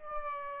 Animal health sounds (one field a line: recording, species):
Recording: mosquito wingbeat signal from an infrared sensor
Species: Aedes aegypti